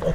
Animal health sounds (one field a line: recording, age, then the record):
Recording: pig call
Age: piglet (1 to 25 days)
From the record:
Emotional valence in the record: positive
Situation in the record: reunion after long isolation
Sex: male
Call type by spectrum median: low-frequency call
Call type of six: low-frequency tonal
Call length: 0.15 s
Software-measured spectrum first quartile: 103 Hz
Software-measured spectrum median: 346 Hz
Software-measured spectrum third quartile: 577 Hz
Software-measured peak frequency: 536 Hz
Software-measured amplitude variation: 97 dB a second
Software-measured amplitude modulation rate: 17.0 a second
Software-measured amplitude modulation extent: 5.7 dB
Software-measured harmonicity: 4.7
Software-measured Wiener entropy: -1.03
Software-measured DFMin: 892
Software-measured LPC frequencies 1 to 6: 530, 1769, 3208, 4791, 5787, 6393 Hz